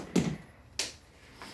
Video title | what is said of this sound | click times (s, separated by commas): Randy gets his prosthetic leg 12/9/21 | make sure you drive your leg back until you feel it or hear it click so that it locks push it back | 0.8 s